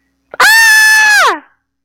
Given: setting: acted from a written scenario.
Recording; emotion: vocal sound without words; fear